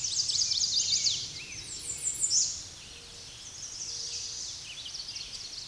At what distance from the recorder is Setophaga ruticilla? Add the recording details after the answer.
about 25 m. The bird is about 25 m above the microphone. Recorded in a Pennsylvania forest on 16 May 2024 at 08:51. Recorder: AudioMoth, point MSD-0230. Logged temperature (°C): 15.3 °C. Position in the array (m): 59 m, 237 m